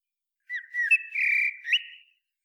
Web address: SETE Turdus merula